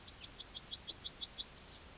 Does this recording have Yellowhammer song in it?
yes